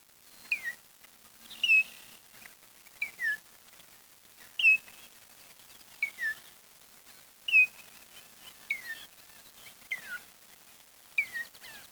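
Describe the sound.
Bird calls: sharp, falling whistled notes repeated every one to two seconds against a light hiss of background noise.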